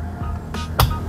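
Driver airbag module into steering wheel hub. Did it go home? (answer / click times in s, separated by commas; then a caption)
yes / 0.8 s. A driver airbag module is set back onto the steering wheel hub of a 2022 Toyota Vios XLE CVT and pressed down until its spring clips lock. Over a low steady hum, a softer broadband rustle comes at about 0.5 s, then a sharp, loud click at 0.8 s. The module is seated and locked in place.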